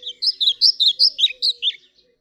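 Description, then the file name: European pied flycatcher song: a quick run of about eight high notes in under two seconds, then silence. "Mucholowka zalobna"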